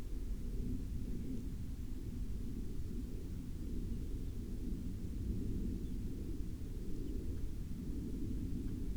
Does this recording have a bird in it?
yes